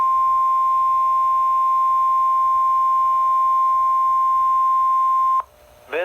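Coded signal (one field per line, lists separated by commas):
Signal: Emergency Alert System (SAME) tones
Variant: 1050 Hz attention tone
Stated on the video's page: NOAA Weather Radio weekly test on 162.475 MHz, Louisville, received on a Midland WR120.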